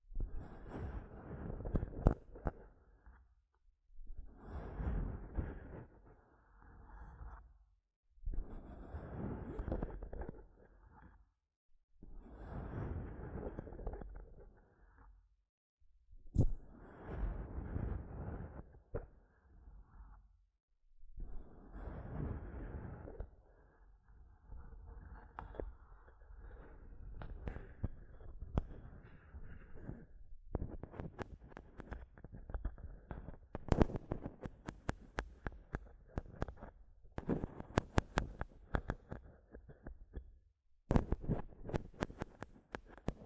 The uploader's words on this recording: ASMR Mic Tapping and Scratching (No Talking).